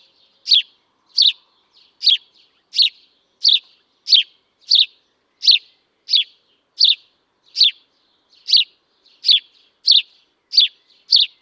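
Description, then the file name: House sparrow chirping, a steady run of short, bright, downward-sweeping chirps repeated about every 0.7 seconds, with nothing else audible. "Passer domesticus"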